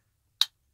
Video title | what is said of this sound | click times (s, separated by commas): MARVEL MONDAYS 4! X-Men Avengers Guardians of the Galaxy Funko Pop Wikkez Trading Cards Mini Comic | So you push in there till it clicks, and | 0.4 s